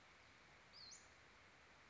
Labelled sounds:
Western Flycatcher (Empidonax difficilis)
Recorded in Sonoma County, California

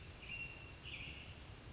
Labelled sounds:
American Robin (Turdus migratorius)
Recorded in Sonoma County, California

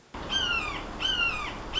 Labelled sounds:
Red-shouldered Hawk (Buteo lineatus)
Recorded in Sonoma County, California

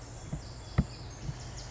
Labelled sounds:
Pacific Wren (Troglodytes pacificus)
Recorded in Sonoma County, California

